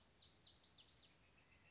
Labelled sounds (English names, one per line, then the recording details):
Northern Flicker
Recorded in Sonoma County, California